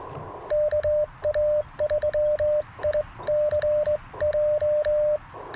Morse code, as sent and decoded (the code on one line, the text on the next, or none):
-.- .- ...-- .. -.-. .---
KA3ICJ